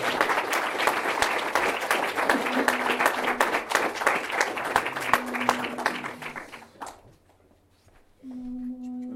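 An audience applauds steadily for about seven seconds, dense overlapping claps that fade out, followed by a brief steady tone after a short lull.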